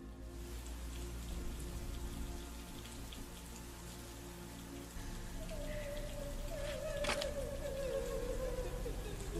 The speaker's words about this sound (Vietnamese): Tiếng khóc ai oán nỉ nôi, chuyển thành tiếng hét giận dữ trong màn đêm tịch mịch, lẫn trong mưa gió lại bắt đầu phủ xuống.